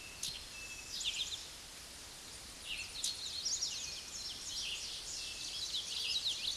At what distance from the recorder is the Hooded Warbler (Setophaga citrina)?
about 15 m